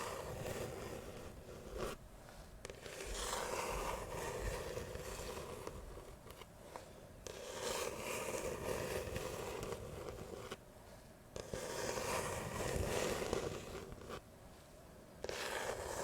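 Ear to ear scratching and brushing, with rough, dense strokes that swell and fade in bursts every second or two. Brighter brushing passages alternate with short quieter gaps, over a steady low rumble, and a few sharper taps stand out.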